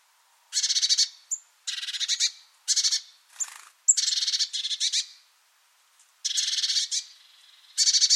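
Bird giving a quick series of harsh, pulsed churring calls, some loud and some faint, with brief gaps and a few thin high notes.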